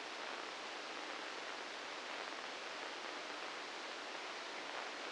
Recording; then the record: brain microelectrode recording played as sound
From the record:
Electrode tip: inside the subthalamic nucleus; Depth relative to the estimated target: -1 mm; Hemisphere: left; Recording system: NeuroSet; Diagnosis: Parkinson's disease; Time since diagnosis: 9 years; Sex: male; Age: 61 years